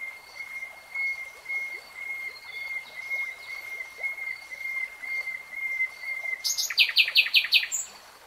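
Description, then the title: Nightingale song: a long run of soft repeated whistled notes on one pitch, ending in a loud burst of rapid sharp notes. Singing in real time. "[Tiếng chim hót] 3 Hours REALTIME Nightingale Singing"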